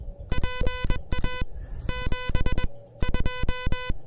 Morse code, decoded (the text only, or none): PA 72